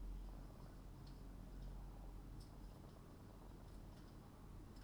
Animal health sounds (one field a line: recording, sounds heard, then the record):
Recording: poultry house recording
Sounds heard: healthy chickens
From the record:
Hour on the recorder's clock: 21